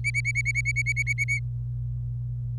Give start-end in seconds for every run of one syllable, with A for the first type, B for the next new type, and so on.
0.04-1.39 A